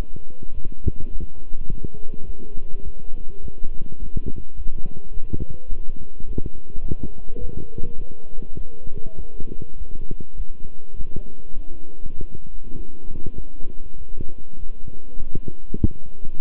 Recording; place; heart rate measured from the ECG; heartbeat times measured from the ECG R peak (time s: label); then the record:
heart sounds by stethoscope; between the tricuspid and mitral areas; 102 bpm
0.52 s: heartbeat
1.10 s: heartbeat
1.67 s: heartbeat
2.25 s: heartbeat
2.82 s: heartbeat
3.40 s: heartbeat
3.98 s: heartbeat
4.55 s: heartbeat
5.11 s: heartbeat
5.68 s: heartbeat
6.25 s: heartbeat
6.82 s: heartbeat
7.39 s: heartbeat
7.96 s: heartbeat
8.55 s: heartbeat
9.15 s: heartbeat
9.76 s: heartbeat
10.35 s: heartbeat
10.95 s: heartbeat
11.54 s: heartbeat
12.14 s: heartbeat
12.75 s: heartbeat
13.35 s: heartbeat
13.96 s: heartbeat
14.57 s: heartbeat
15.18 s: heartbeat
15.78 s: heartbeat
16.37 s: heartbeat
From the record:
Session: walking at 3.7 km/h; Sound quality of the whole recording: good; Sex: male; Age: 26 years